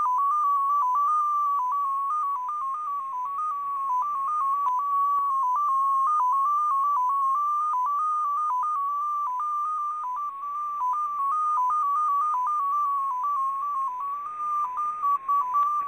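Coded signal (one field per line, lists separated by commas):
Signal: numbers station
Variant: XPA2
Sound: a continuous warbling tone near 1 kHz, stepping rapidly between several close pitches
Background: radio static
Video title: [XPA2] Scheduled transmission + perfect copy; 21. June 2020, 21:20 UTC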